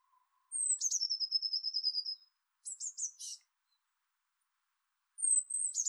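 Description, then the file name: Eurasian blue tit giving a high descending note and long fast trill, then a short buzzy scolding burst, before another phrase begins. "Cyanistes caeruleus"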